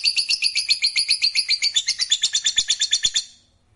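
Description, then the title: Lovebird song as a rapid, scratchy high chatter pulsing several times a second, then stopping abruptly just past three seconds, leaving quiet. "Suara Lovebird Ini"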